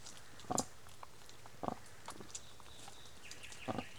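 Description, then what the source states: Wild boar uttering three short harsh grunts with soft snuffling between them. Gâtinais français regional park, France; 18 May 2024 at 23:00.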